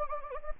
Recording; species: mosquito wingbeat signal from an infrared sensor; Anopheles gambiae